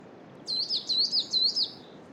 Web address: Justsoundeffects - Forest Ambiences BIRDSong Spring Noon Coniferous Forest Coal Tit Wind